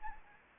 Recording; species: mosquito wingbeat signal from an infrared sensor; Anopheles gambiae